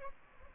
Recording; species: mosquito wingbeat signal from an infrared sensor; Aedes albopictus